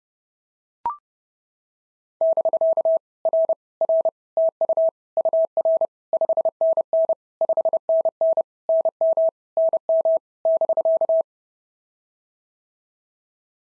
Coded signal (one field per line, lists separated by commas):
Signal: Morse code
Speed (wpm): 32 wpm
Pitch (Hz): 650 Hz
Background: none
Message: <BK> R R TU UR 5NN 5NN NM NM <BK>